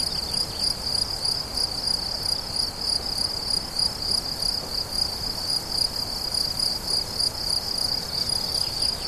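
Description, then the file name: High cricket chirps in quick regular pulses, about three and a half per second, over a broad hiss of background noise. Crickets recorded 17 July 2013 at La Fortiche, with an MZ-N710 recorder. "grillons la fortiche 17 07 13"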